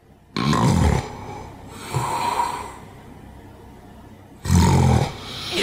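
Loud, rough, snorting snores in an adult sleeper with obstructive sleep apnea, separated by quiet pauses of breath-holding; as oxygen drops and carbon dioxide builds, the brain signals choking and a loud, almost non-human gasping snore resumes breathing.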